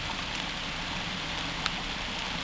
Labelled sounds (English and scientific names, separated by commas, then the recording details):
none
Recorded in pastures near Puerto Asís, Putumayo, Colombia, on 26 December 2024 at 11:30
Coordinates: 0.472, -76.329
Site G072